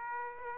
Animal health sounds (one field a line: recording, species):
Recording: mosquito wingbeat signal from an infrared sensor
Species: Aedes aegypti